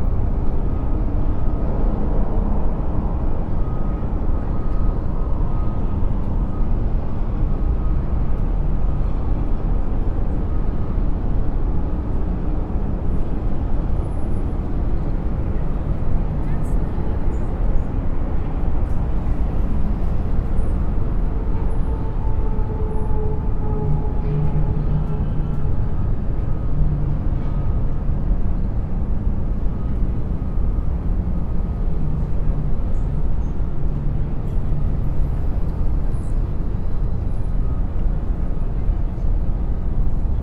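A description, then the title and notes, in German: City skyline sounds form a dense, steady low rumble like distant traffic, holding an even level for the whole forty seconds. Faint tonal lines drift in and out in the middle range, and brief higher whines and clicks appear now and then above the roar. Geräusche aus der Skyline mit Delta-Binauraltönen. 20 Stockwerke über der belebten Stadtszene.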